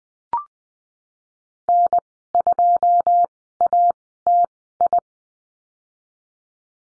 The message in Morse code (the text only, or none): N2ATI